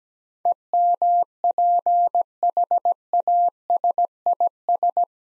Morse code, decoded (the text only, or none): EMPHASIS